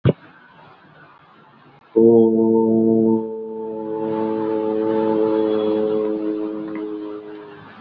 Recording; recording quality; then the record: sustained vowel as in boot; excellent, no background noise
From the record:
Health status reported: COVID-19 positive, mild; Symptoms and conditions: cough, cold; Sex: male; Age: 54 years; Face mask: worn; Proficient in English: yes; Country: India